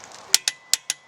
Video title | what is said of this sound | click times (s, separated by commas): 2008 NISSAN ALTIMA S (GEN 4th) SERPETINE BELT REPLACEMENT | clicking noise telling you that you have reached eight nine foot pounds so I'm | 0.3 s